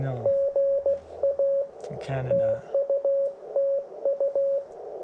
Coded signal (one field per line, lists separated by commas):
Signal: Morse code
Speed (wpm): 17 wpm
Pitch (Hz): 560 Hz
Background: speech, radio noise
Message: GA TUTU